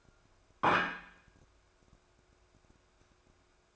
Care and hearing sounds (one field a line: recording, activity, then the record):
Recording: daily activity, microphone in the room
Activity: place plate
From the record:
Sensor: 2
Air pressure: 1004.2 hPa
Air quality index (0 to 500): 190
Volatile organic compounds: 11 ppm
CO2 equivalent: 2272 ppm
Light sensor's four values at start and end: 4/9/3/4 and 4/9/3/3